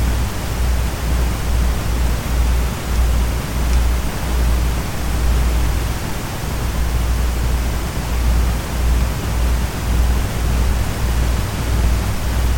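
White noise blends with the soft whir of a desk fan in a constant, dense hiss spread from deep lows to bright highs. A low, throbbing hum pulses irregularly underneath, and the overall level stays even for the whole stretch.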